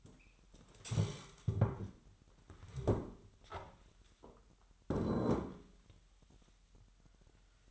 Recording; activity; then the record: daily activity, microphone in the room; stand up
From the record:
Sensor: 3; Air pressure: 998.6 hPa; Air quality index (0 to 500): 128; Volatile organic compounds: 3 ppm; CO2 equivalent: 1528 ppm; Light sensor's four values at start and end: 7/17/7/7 and 8/18/8/9